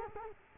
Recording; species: mosquito wingbeat signal from an infrared sensor; Culex quinquefasciatus